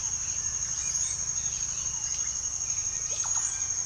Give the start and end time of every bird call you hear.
[0.00, 3.67] bird call

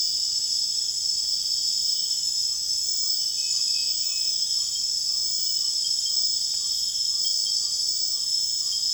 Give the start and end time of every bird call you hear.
[2.97, 8.94] bird call

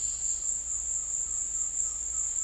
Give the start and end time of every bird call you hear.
[0.26, 2.43] bird call

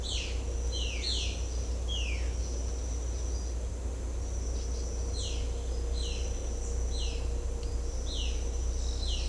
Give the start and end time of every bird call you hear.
[0.72, 1.42] bird call
[1.84, 2.22] bird call
[5.14, 5.44] bird call
[5.93, 6.26] bird call
[6.90, 7.22] bird call
[8.04, 8.36] bird call
[8.97, 9.29] bird call

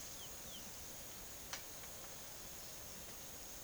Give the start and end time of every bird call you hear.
[0.09, 0.68] bird call

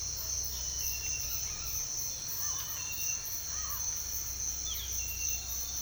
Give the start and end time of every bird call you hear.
[1.31, 3.80] bird call
[4.53, 4.99] bird call

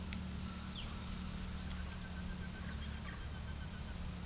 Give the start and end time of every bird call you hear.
[0.37, 0.91] bird call
[1.17, 4.00] bird call

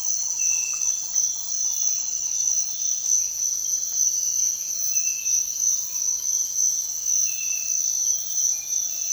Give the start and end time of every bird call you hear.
[0.00, 2.76] bird call

